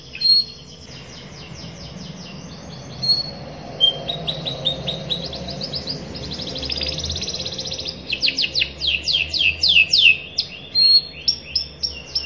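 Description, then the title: Canary singing a long varied song of fast trills, sweeping whistles and rapid rattling phrases, with short pure notes scattered through it. Long continuous singing; song variations called cengkok. "Cengkok Kenari Mewah. Kenari gacor panjang"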